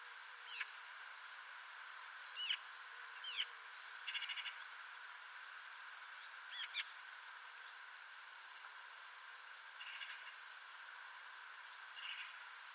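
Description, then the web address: Bird calls, brief high notes every few seconds, over a continuous buzzing insect chorus. Call type labelled "Pi Pi Pi Pi". "Deverinetal 2025 File origin Bird Only"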